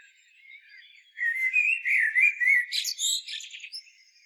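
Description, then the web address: Common blackbird song: a run of low, mellow whistled notes, then a scratchy, high-pitched twittering ending. "SETE data Turdus merula"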